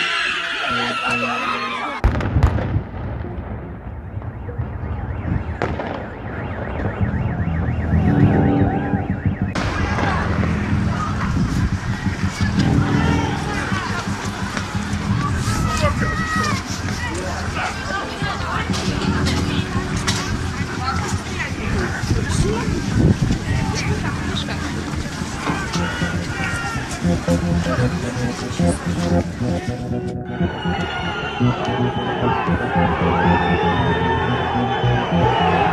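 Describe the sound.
Protest sounds recorded in Belarus: a dense, steady crowd babble with voices and rumbling traffic, brightening after ten seconds and briefly dipping near thirty.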